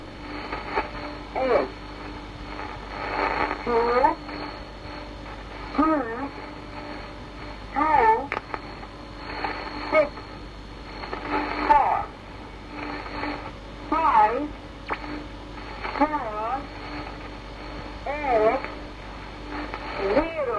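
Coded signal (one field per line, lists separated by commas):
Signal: numbers station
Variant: Magnetic Fields, different voice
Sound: short, roughly evenly spaced spoken words over shortwave hiss, about ten in twenty seconds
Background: radio static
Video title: The Conet Project 309 - Magnetic Fields (Different Voice)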